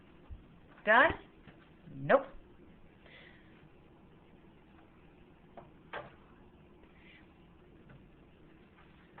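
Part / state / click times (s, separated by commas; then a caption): hard drive into computer drive bay / seated / 5.9 s. Someone talks while a second hard drive is pushed into a computer's drive bay mount after a first try that didn't take. A sharp click at 5.9 s marks the drive latching into place, and it is seated, no longer moving or rocking.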